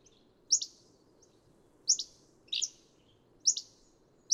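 Hammond's flycatcher song of high, sharp phrases with a burry buzzy variant, repeated at irregular intervals of about a second, over low background noise.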